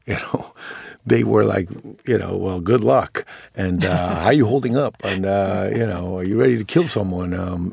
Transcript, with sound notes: you know? They were like, you know, well, good luck.
(Laughter).
And how you holding up? And, you know, are you ready to kill someone,